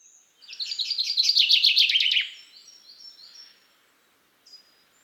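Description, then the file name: Common chaffinch song: a bright, rapid trill running downhill over about two seconds and ending in a short flourish, followed by faint high chirps. "Fringilla coelebs"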